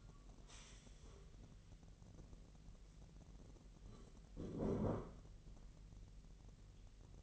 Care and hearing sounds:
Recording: daily activity, microphone in the room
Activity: stand up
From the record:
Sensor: 4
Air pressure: 1002.3 hPa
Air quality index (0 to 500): 250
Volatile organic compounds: 40 ppm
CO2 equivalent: 3143 ppm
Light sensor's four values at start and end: 9/21/8/8 and 9/21/8/7

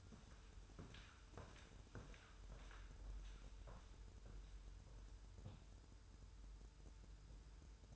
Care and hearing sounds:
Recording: daily activity, microphone in the room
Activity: walk to room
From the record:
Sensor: 2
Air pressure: 994.2 hPa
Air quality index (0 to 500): 206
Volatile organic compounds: 1000 ppm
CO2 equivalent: 6791 ppm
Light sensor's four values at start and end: 68/156/65/64 and 68/158/65/65

